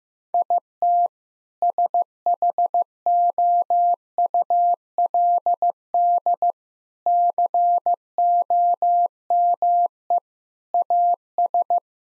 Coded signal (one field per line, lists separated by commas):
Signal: Morse code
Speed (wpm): 16 wpm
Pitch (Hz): 700 Hz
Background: none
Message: IT SHOULD COME AS